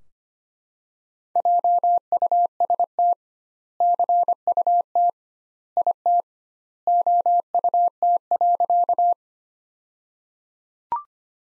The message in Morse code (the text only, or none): JUST CUT IT OUT.